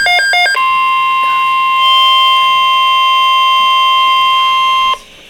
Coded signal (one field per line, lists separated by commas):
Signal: Emergency Alert System (SAME) tones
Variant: 1050 Hz attention tone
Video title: Hurricane Watch (EAS #207)